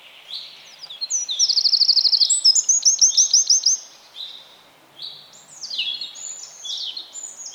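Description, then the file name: Eurasian wren song: a bright, fast trill-filled phrase of about three seconds, followed by softer scattered high chirps. "Troglodytes troglodytes"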